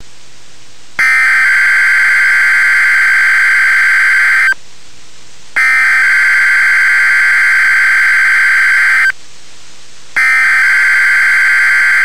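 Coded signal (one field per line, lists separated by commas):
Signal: Emergency Alert System (SAME) tones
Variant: header bursts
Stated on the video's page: Weekly test from a NOAA Weather Radio station, recorded with Audacity.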